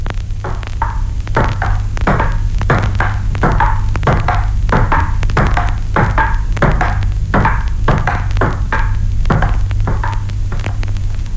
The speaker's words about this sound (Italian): Ed eccovi un rumore assai noto, quello di una partita di ping pong, da prima come l'avete sempre ascoltato finora.